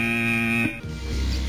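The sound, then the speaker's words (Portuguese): A harsh, droning buzzer doorbell in a radio station promo, presented as the doorbell of listeners of other radio stations, blares in one steady burst for about two-thirds of a second, then cuts off abruptly and gives way to a lower, rougher hum. No one speaks. “Campainha do ouvinte das outras rádios.”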